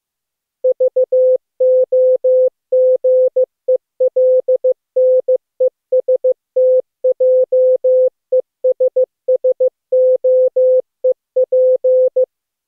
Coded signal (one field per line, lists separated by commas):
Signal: Morse code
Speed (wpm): 16 wpm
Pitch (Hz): 510 Hz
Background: none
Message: VOGELNEST JES SOEP